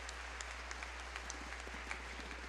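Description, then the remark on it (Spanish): An audience at a Christian service claps to welcome visitors in a steady, dense patter of many hands lasting a few seconds, fairly soft overall, with a constant low electrical hum underneath and no talking. “¿Qué les decimos nosotros? Eso, un aplauso.”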